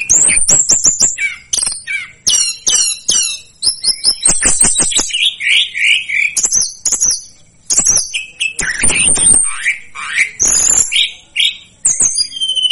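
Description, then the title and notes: Tledekan gunung song, a fast jumble of high whistles, sharp clicks and descending slurred notes, with harsher chattering phrases mixed in throughout. Master recording used for training cage birds. "Masteran Tledekan Gunung Sikatan Gunung 1. BURUNG TLEDEKAN"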